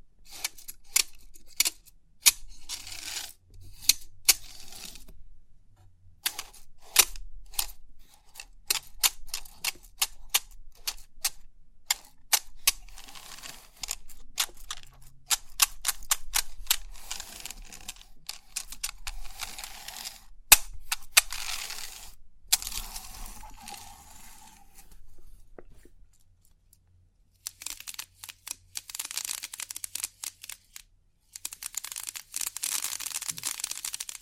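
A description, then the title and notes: Crisp 3D pin art tingles: many small sharp clicks and ticking taps, sometimes quick and dense, sometimes sparse, like rows of pins being pushed and settling. A low steady hum sits underneath, with a brief pause around 26 seconds before a denser, brighter rattling stretch. Crisp 3D Pin Art Tingles(No Talking).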